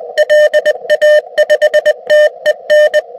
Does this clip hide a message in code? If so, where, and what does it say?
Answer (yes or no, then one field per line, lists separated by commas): yes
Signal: Morse code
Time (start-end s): 0.2-3.0 s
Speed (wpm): 19 wpm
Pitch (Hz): 600 Hz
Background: none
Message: LA5TEN